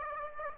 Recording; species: mosquito wingbeat signal from an infrared sensor; Aedes aegypti